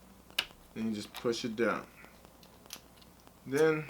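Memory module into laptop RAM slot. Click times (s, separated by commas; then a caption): 0.4 s. A memory module is slid at an angle into the RAM slot of a Mid 2012 MacBook Pro and pressed down until it latches, with a sharp snap at 0.4 s as it seats. Someone talks over the rest of the clip, and a few faint ticks follow.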